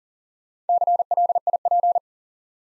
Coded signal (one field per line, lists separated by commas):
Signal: Morse code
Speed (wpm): 38 wpm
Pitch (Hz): 700 Hz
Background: none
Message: CLIP